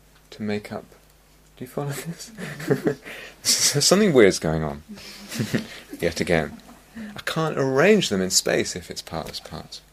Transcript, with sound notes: to make up... Do you follow this? [laughs] So something weird's going on -- yet again! I can't arrange them in space if it's partless parts.